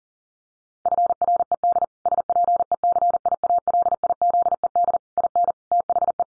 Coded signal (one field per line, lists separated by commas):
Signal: Morse code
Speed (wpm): 40 wpm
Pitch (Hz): 700 Hz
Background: none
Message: FRED SPECIALIZED IN THE